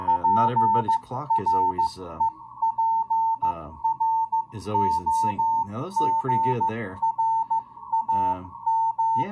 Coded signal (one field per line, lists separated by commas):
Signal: Morse code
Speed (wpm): 15 wpm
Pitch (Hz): 900 Hz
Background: speech, music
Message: PREPROGRAM